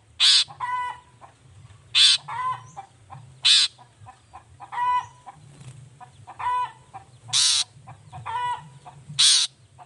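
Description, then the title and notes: Long-tailed shrike mixing loud rasping screeches with nasal buzzy notes. Cendet heard singing in the morning in a varied 'toet toet' style; the recording is meant to stimulate reluctant shrikes to join in and sing. "Cendet Gacor Dor Di Kala Pagi Toet Toet Variasi Suara. Cendet Gacor Di Pagi Hari Rangsangan Emosi Cendet Malas Bunyi Supaya Secepatnya Ikutan Bunyi. Burung cendet"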